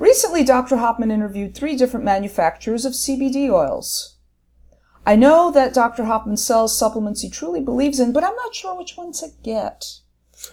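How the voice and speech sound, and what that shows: A woman reads a listener's question aloud in clear, fluent speech with ordinary voice quality and one pause.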